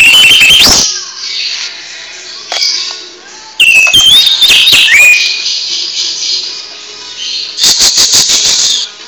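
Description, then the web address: Greater green leafbird song: sharp whistled phrases and dense high chattering bursts, a rising slurred whistle near the middle, then a quieter stretch before a final burst. Caged bird; training (masteran) recording for cage birds, in the 'receh' song style. "cucakijo receh. masteran cucak-ijo"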